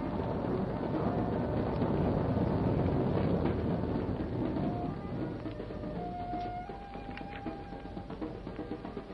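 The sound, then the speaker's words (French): A night thunderstorm with heat lightning over the high walls of Thebes, thunder rumbling low and steadily, heaviest over the first few seconds before easing slightly into a softer, sustained roar. A few faint whistling tones drift through, and no one speaks. “Haute muraille. Nuit d'orage, éclair de chaleur.”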